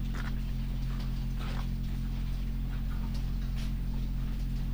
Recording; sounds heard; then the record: poultry house recording; sick chickens (respiratory disease)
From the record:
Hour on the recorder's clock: 22